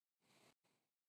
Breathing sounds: one breath near a microphone; exhalation

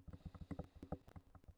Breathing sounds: one breath near a microphone; inhalation

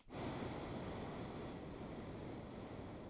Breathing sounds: one breath near a microphone; exhalation

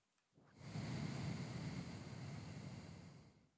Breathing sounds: one breath near a microphone; exhalation

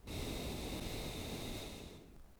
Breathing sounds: one breath near a microphone; exhalation

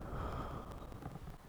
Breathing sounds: one breath near a microphone; exhalation

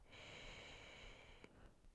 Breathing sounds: one breath near a microphone; inhalation

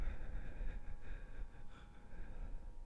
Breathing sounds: one breath near a microphone; exhalation

